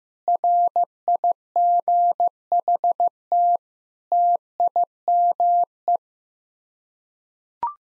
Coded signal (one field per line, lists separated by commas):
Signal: Morse code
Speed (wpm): 16 wpm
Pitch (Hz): 700 Hz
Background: none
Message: RIGHT TIME